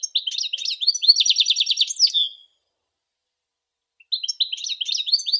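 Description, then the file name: European goldfinch song: rapid tinkling twitters with a buzzy trilled run, a short pause, then another bright twittering phrase starts. "Golosa ptic - CSHegol Carduelis carduelis"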